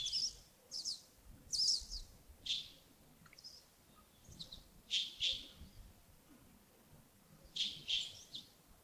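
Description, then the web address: Bird calls, bright high chirps in quick clusters of two or three, repeated several times with short pauses, over quiet background. Early morning at Yagongding, 28 December 2025, around 07:40. "2025-12-28 亚公顶清晨 251228 074040 birds"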